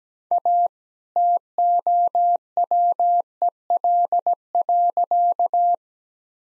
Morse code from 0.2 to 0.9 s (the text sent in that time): A